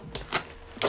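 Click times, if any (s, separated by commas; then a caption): 0.1 s, 0.8 s. A plastic cable management guide is pressed into the back of the stand leg of a 2024 LG UT80 43-inch TV (43UT80 / 43UT8000). Sharp clicks are heard at 0.2 s and 0.8 s, with another brief noise near 0.4 s. The guide seats in place.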